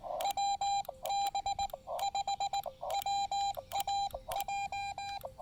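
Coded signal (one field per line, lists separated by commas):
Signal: Morse code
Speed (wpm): 18 wpm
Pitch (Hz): 800 Hz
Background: none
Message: WB5WAJ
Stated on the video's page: Morse from a quick QRP field activation on the Blue Ridge Parkway with a new radio.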